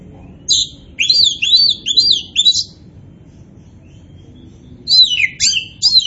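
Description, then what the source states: Oriental magpie-robin song: a run of loud, down-slurred high whistles, then a pause and another quick burst of similar sweeping notes over faint low background noise. Kacer poci variety, described as gacor (singing vigorously and continuously).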